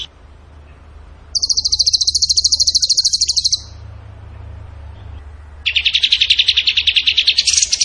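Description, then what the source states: Bird song: a high, fast trill of about two seconds, a pause, then a lower, denser trill that rises at the end. Masteran training recording; tembakan gacor song style.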